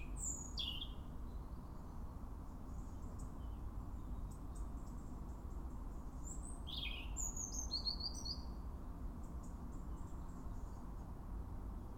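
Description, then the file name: European robin song: a few sharp, high descending notes and short warbled bursts separated by long gaps, a persistent low rumble throughout. "Erithacus rubecula"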